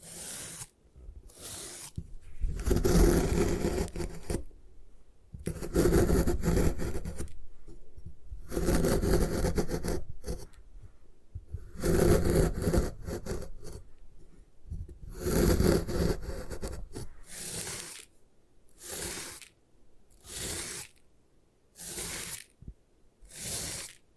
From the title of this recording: Satisfying Ways to Destroy Gym Chalk